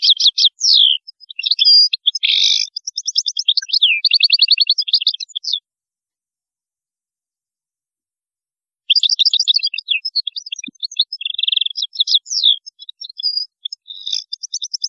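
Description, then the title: European goldfinch pouring out long, tumbling phrases of tinkling twitters, buzzes and rapid trills, with one pause of about three seconds between bursts. "Chant Chardonneret"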